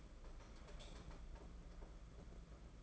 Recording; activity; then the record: daily activity, microphone in the room; light off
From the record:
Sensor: 5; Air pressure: 992.1 hPa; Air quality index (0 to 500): 202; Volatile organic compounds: 1000 ppm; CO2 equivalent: 5836 ppm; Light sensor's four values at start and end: 9/22/9/9 and 8/19/7/8